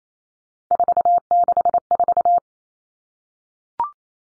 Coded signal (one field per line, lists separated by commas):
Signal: Morse code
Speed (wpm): 28 wpm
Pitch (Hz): 700 Hz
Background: none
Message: 464